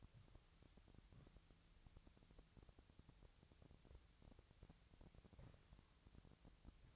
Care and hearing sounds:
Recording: daily activity, microphone in the room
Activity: wipe stove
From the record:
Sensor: 3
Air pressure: 1001.6 hPa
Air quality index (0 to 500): 223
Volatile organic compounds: 30 ppm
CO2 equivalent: 2962 ppm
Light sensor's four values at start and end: 11/33/14/12 and 11/33/14/12

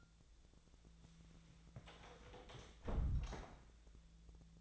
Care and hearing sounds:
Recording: daily activity, microphone in the room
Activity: close door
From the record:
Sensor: 3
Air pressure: 1000.5 hPa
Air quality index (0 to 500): 182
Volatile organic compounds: 4 ppm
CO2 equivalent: 1576 ppm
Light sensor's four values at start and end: 13/31/13/13 and 13/30/13/13

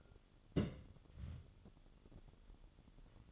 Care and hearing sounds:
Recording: daily activity, microphone in the room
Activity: place on stove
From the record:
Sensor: 4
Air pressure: 1008.8 hPa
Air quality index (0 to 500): 122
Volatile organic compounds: 1 ppm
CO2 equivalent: 894 ppm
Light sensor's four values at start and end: 11/24/9/9 and 11/24/9/9

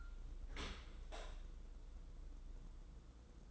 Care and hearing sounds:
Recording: daily activity, microphone in the room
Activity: open dishwasher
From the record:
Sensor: 3

